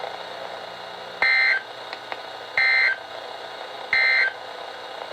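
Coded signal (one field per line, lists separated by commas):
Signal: Emergency Alert System (SAME) tones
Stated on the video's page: Flood, flash flood and special marine warnings received from NOAA Weather Radio stations.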